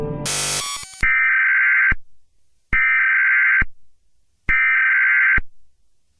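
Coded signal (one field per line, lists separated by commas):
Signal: Emergency Alert System (SAME) tones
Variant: header bursts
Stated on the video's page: Simulated EAS scenario, reuploaded.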